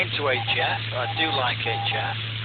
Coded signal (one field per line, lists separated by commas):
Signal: Morse code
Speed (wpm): 21 wpm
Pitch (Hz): 800 Hz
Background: speech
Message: HAM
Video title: ham radio NW 2018